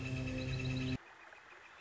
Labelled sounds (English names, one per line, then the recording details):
Northern Flicker
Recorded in Sonoma County, California